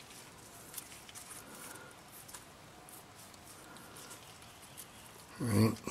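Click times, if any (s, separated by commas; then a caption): none. On a Ford Ranger speedometer driven gear shaft, a retaining clip is lined up with its open side toward the void in the shaft's groove before being pressed on, and only small, quiet handling ticks are heard, around 0.8, 1.1 and 2.9 seconds. Near the end someone talks. Nothing has clicked or snapped into place yet.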